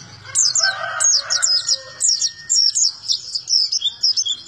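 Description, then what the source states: White-eye song: bursts of high descending chirps in short groups, with some lower warbled notes at the start. Melodious, long song.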